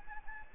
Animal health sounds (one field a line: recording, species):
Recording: mosquito wingbeat signal from an infrared sensor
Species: Anopheles gambiae